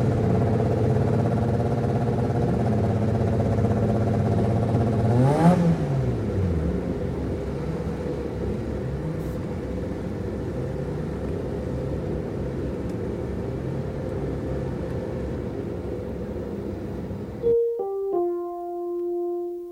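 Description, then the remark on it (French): A naturally aspirated engine drones with a rich, buzzing harmonic tone, briefly revving up and back down early on, then holding a steady idle before cutting off abruptly, followed by a few short tones. “Premier plan sur un moteur sans turbo.”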